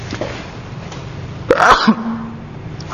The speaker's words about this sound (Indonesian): Alhamdulillah. Antum tenang ya, walaupun ana bersin karena ini kajian online. Tidak perlu ya mundur 2 meter. Kalau antum mundur begitu mendengar bersin suara ustaz di kajian online, menunjukkan kewaspadaan terhadap corona anda berlebihan.